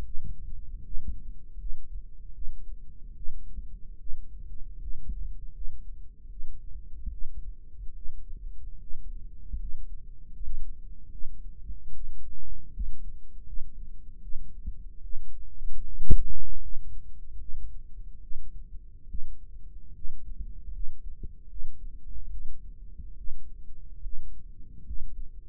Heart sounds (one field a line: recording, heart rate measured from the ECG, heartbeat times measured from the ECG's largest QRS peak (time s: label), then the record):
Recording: heart sounds by microphone in the right ear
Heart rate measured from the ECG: 75 bpm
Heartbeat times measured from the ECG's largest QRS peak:
0.04 s: heartbeat
0.83 s: heartbeat
1.58 s: heartbeat
2.34 s: heartbeat
3.15 s: heartbeat
3.98 s: heartbeat
4.80 s: heartbeat
5.53 s: heartbeat
6.29 s: heartbeat
7.10 s: heartbeat
7.94 s: heartbeat
8.79 s: heartbeat
9.58 s: heartbeat
10.32 s: heartbeat
11.11 s: heartbeat
11.93 s: heartbeat
12.72 s: heartbeat
13.45 s: heartbeat
14.21 s: heartbeat
15.02 s: heartbeat
15.84 s: heartbeat
16.60 s: heartbeat
17.38 s: heartbeat
18.21 s: heartbeat
19.08 s: heartbeat
19.93 s: heartbeat
20.71 s: heartbeat
21.48 s: heartbeat
22.30 s: heartbeat
23.16 s: heartbeat
24.02 s: heartbeat
24.84 s: heartbeat
From the record:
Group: healthy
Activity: rest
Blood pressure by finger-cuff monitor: 121/66 mmHg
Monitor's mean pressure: 82 mmHg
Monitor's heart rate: 74 bpm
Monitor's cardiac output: 6.7 L/min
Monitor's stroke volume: 89 mL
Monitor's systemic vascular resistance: 880 dyn s/cm5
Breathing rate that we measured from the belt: 15 breaths a minute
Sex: female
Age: 22 years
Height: 160 cm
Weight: 63 kg